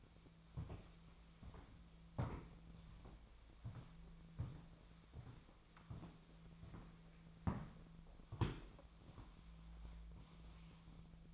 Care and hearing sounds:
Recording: daily activity, microphone in the room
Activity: walk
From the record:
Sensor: 1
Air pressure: 1008.2 hPa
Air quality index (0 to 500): 192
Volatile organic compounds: 17 ppm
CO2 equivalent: 2600 ppm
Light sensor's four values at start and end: 15/37/15/17 and 12/28/12/13

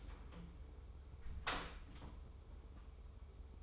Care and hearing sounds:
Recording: daily activity, microphone in the room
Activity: close door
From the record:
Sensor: 1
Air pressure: 1015.2 hPa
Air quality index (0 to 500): 126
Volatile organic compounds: 5 ppm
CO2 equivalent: 1730 ppm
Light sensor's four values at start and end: 14/33/14/15 and 14/33/14/15

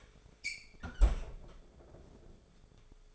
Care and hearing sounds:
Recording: daily activity, microphone in the room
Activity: close fridge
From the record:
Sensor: 5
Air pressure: 1004.7 hPa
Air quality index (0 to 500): 161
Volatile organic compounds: 3 ppm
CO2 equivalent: 1519 ppm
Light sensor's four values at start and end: 21/49/19/18 and 19/45/17/16

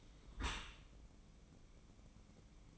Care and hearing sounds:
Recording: daily activity, microphone in the room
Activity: close dishwasher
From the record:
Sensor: 1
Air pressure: 1012.4 hPa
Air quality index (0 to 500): 171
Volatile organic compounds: 3 ppm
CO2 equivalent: 1395 ppm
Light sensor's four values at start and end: 374/834/375/408 and 374/837/376/409

